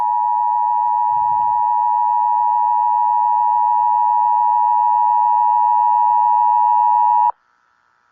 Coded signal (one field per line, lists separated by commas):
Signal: Emergency Alert System (SAME) tones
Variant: 853 and 960 Hz attention tone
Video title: EMERGENCY ALERT SYSTEM in ghost formula 1 06 warning